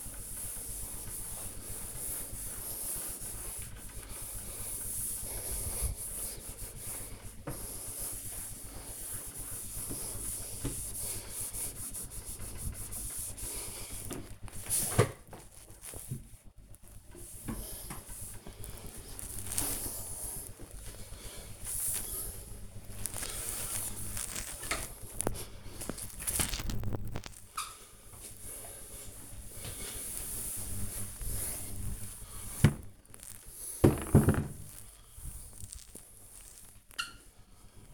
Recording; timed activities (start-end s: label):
household activities, microphone on the right wrist
0.00-37.94 s: cleaning the door